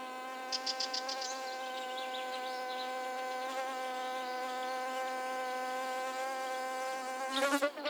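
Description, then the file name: Hoverfly wing buzz, a steady droning hum with rich overtones held throughout. Recorded 7 June 2006. "20060607 Syrphid Fly"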